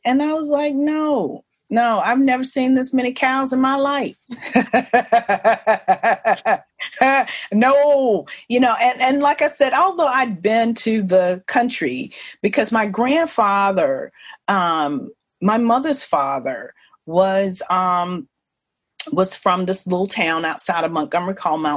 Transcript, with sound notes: And I was like, no! No, I've never seen this many cows in my life! [laughs] And like I said, although I'd been to the country, because my grandfather, my mother's father, was from this little town outside of Montgomery called Mt.